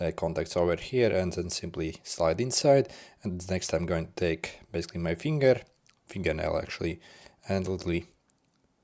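A micro SD memory card is positioned at a dash cam's card slot, slid inside, and about to be pushed in with a fingernail. Someone talks for most of the clip, with a brief faint sound near 8.3 s as the speech ends. Nothing has seated or clicked yet.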